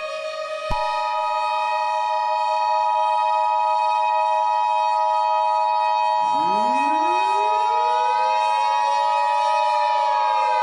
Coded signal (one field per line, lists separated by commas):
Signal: Emergency Alert System (SAME) tones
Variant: 853 and 960 Hz attention tone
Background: music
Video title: EAS Scenarios #1 - BlazeFN